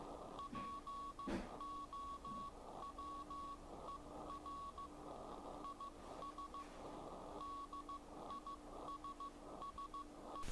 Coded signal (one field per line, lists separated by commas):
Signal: Morse code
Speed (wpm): 15 wpm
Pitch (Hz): 1120 Hz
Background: none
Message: POWER IS DISSE